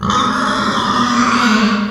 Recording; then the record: squeal of a Yucatan mini pig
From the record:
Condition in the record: after surgery on the right vocal fold (resection and tissue-engineered implant); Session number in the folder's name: 15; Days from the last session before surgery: 175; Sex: female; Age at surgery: 19 weeks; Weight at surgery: 25 kg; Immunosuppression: prednisolone